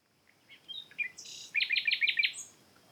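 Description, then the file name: Common nightingale song: a few varied chirping and slurred whistled notes, then a loud, rapid run of repeated notes, ending on a brief high note. "Luscinia megarhynchos"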